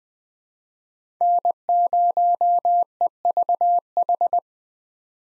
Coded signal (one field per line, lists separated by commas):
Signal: Morse code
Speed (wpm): 20 wpm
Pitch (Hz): 700 Hz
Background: none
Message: N0EVH